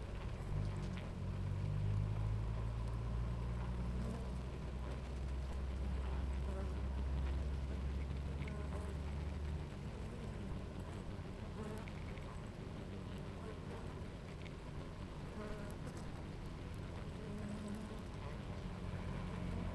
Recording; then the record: honeybee colony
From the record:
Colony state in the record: active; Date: 28 July 2017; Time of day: 10:10